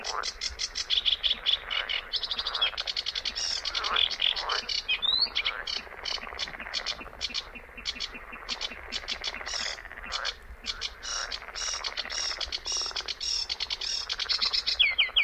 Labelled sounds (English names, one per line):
Sedge Warbler song